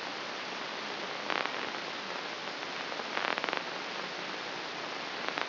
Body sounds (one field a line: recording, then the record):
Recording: brain microelectrode recording played as sound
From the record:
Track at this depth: inside the subthalamic nucleus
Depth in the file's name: 2.733 mm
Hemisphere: left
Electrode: 3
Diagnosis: Parkinson's disease